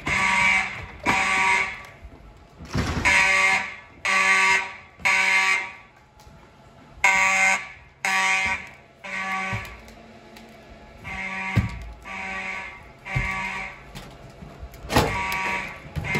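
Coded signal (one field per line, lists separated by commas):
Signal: alarm pattern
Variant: mechanical fire alarm horns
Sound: harsh buzzing horn blasts, about half a second each, repeating in groups of three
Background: school hallway echo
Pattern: temporal three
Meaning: Fire alarm evacuation signal, sounded here as a test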